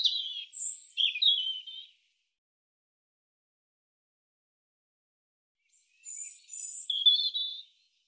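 European robin singing two short, high-pitched phrases that mix clear whistles with scratchy, tumbling notes, about four seconds apart, with silence between them.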